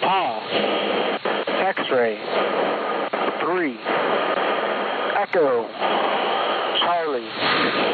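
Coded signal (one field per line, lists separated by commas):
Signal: coded military voice message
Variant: EAM, English phonetic alphabet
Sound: male voice reading phonetic alphabet letters over a loud, hissy, band-limited radio channel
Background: radio static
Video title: 11175 KHZ USB USAFGHF EAM Emergency action message with Yaleman RSPDX Wellbrook loop Tampa Florida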